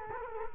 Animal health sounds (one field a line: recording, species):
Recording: mosquito wingbeat signal from an infrared sensor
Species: Culex quinquefasciatus